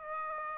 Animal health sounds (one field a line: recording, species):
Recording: mosquito wingbeat signal from an infrared sensor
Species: Aedes aegypti